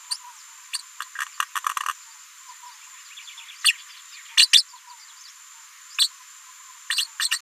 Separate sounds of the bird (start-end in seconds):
0.10-0.17, 0.72-0.82, 3.64-3.73, 4.37-4.48, 4.52-4.63, 5.98-6.09, 6.89-7.07, 7.19-7.39